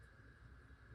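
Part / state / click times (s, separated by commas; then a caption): wiring harness plug into mating connector on a vehicle / not seated / none. A wiring harness plug with side clips is being pushed into its mating connector on a vehicle. Only a steady low rumble and a faint constant tone are heard, with no sharp hits. Nothing has seated or clicked yet.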